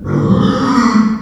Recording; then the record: squeal of a Yucatan mini pig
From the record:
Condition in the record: after surgery on the right vocal fold (resection and tissue-engineered implant); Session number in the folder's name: 16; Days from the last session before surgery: 183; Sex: female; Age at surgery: 19 weeks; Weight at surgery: 25 kg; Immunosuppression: prednisolone